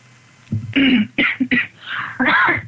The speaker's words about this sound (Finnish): Nyt se ei uskalla sanoa enää mitään, se vaan yski.